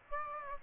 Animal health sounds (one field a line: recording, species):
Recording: mosquito wingbeat signal from an infrared sensor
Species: Aedes aegypti